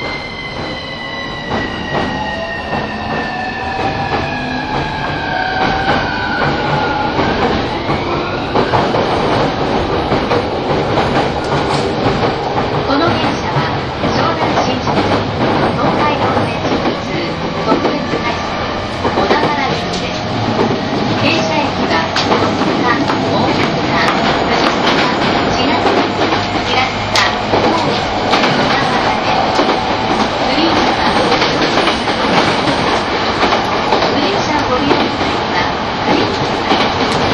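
Running sound of an E231 series Shonan-Shinjuku Line special rapid train: a steady, dense roar of wheels and motors with frequent rhythmic clicks. In the first seven seconds a falling whine descends, then the noise holds level and rumbling throughout.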